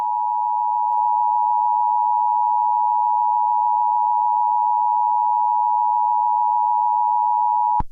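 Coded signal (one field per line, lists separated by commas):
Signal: Emergency Alert System (SAME) tones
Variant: 853 and 960 Hz attention tone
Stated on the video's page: Fictional EAS scenario of a hurricane, using valid EAS tones.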